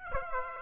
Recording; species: mosquito wingbeat signal from an infrared sensor; Aedes aegypti